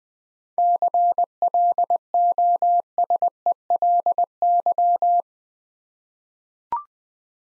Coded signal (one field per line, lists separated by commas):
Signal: Morse code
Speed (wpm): 21 wpm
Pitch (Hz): 700 Hz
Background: none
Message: CLOSELY